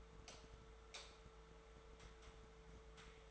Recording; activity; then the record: daily activity, microphone in the room; light off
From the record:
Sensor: 3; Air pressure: 1014.5 hPa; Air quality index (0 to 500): 181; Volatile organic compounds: 19 ppm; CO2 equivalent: 2640 ppm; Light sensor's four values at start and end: 45/113/48/52 and 42/106/45/49